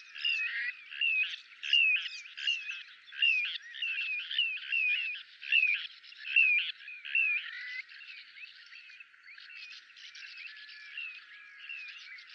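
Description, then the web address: Little ringed plover calls, a steady run of buzzy, up-and-down slurred notes repeated under a second apart, growing quieter in the final seconds. "kleine plevier"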